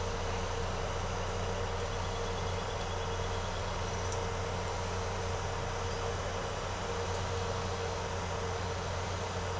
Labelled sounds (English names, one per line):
none